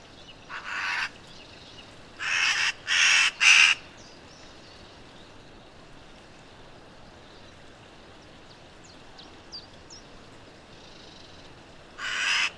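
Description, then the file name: Eurasian magpie giving harsh, noisy chacking notes, one early, then a quick burst of three, a long pause with faint thin bird calls, and another rasping note at the end. "Pica pica"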